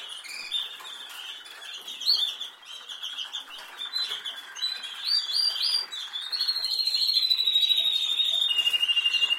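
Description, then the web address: Canary delivering mixed chattering phrases, then a long, loud, even trill that slides slightly downward toward the end. "Golchin Best Canari Seda Canari. Niyaz Music)"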